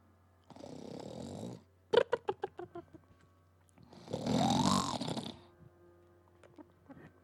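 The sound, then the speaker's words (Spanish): A man asleep at night snores loudly on his own: a rough, rasping intake, a quick run of fluttering snorts, then a long, heavy, breathy exhale that fades away. “Cuando comenzó a roncar, Mina abrió las jaulas”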